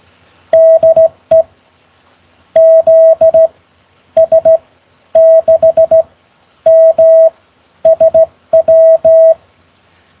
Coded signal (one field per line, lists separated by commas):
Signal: Morse code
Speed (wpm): 16 wpm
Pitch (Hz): 650 Hz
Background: none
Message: DE ZS6MSW